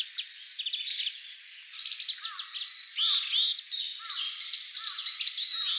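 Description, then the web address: Japanese tit calls: scratchy high chatter with two loud buzzy notes at three seconds and a few short downslurred whistles mixed in. Recorded 18 January 2014. "birdenaga sijukara 140118"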